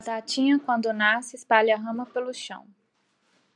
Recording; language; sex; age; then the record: short text; Brazilian Portuguese; female; 20 to 29 years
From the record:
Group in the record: control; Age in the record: 24 years